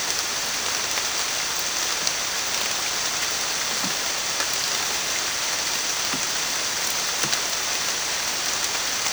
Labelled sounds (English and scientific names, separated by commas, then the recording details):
none
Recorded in dense forest near Puerto Asís, Putumayo, Colombia, on 19 June 2025 at 14:30
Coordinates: 0.484, -76.317
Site G045